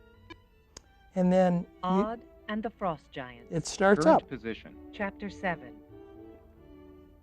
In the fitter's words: it in the front of this machine it's like this it clicks right in